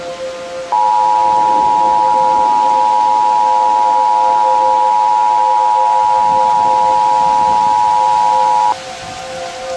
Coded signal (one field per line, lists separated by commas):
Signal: Emergency Alert System (SAME) tones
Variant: 853 and 960 Hz attention tone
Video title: EAS Mock: A Tornado Nobody Has Seen Before